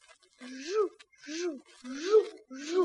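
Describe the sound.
A boy imitates a hand saw cutting wood with his voice to show his future profession: four rhythmic, rasping back-and-forth strokes with a rising and falling voiced pitch, fairly loud, with short pauses between them.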